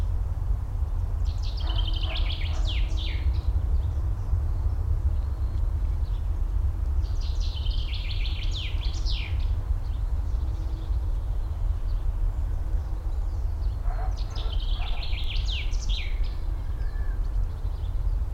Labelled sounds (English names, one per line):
Common Chaffinch